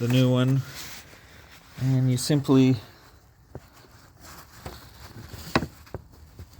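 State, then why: Seated. A new aftermarket plastic PCV valve for a Chevy 3.6 engine is pushed into its port on the engine valve cover while someone talks. After a few faint taps, a sharp click at 5.6 seconds marks the valve popping into place, and it is seated.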